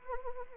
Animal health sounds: mosquito wingbeat signal from an infrared sensor; Anopheles arabiensis

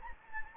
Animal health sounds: mosquito wingbeat signal from an infrared sensor; Anopheles gambiae

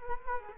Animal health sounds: mosquito wingbeat signal from an infrared sensor; Culex quinquefasciatus

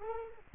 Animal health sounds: mosquito wingbeat signal from an infrared sensor; Culex quinquefasciatus

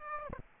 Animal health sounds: mosquito wingbeat signal from an infrared sensor; Aedes aegypti

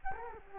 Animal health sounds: mosquito wingbeat signal from an infrared sensor; Culex quinquefasciatus

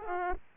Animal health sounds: mosquito wingbeat signal from an infrared sensor; Aedes aegypti

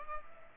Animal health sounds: mosquito wingbeat signal from an infrared sensor; Culex pipiens

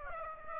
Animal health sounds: mosquito wingbeat signal from an infrared sensor; Aedes aegypti

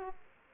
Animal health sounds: mosquito wingbeat signal from an infrared sensor; Aedes aegypti

